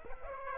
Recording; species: mosquito wingbeat signal from an infrared sensor; Aedes aegypti